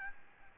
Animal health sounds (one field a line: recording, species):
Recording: mosquito wingbeat signal from an infrared sensor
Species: Aedes albopictus